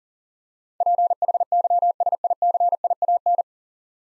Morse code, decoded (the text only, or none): PHYSICIAN